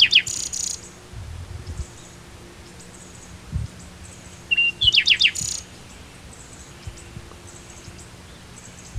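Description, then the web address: Bird calls: a sharp high burst opens, then a flat whistle leading into several fast descending chirps midway, with soft high twitters scattered around. "BIRD 2015 SABIOD 50 bird 2015"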